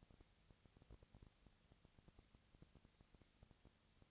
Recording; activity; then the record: daily activity, microphone in the room; no activity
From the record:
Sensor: 3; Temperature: 20.4 degrees Celsius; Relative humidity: 34.4%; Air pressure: 997.1 hPa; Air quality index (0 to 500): 205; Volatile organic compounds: 68 ppm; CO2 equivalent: 3500 ppm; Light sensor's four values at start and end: 2/3/2/2 and 2/3/2/2